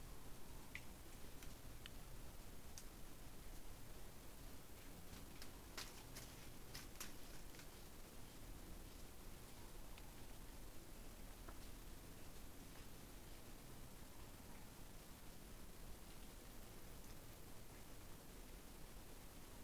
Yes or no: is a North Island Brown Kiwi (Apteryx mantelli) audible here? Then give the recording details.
no. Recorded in New Zealand on 20 November 2013. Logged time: 21:14. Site CG22